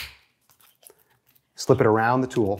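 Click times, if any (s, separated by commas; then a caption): none. An opened fabric tool holster sling with brass press snaps is slipped around a belt axe, making only faint, brief handling sounds between about 0.5 and 1.4 s before someone talks. The brass snaps have not been closed and nothing has snapped or clicked yet.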